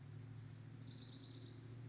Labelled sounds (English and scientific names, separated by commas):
Orange-crowned Warbler (Leiothlypis celata)